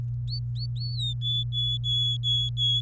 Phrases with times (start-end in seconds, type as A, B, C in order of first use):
0.28-1.13 A, 1.22-2.81 B